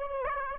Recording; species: mosquito wingbeat signal from an infrared sensor; Aedes aegypti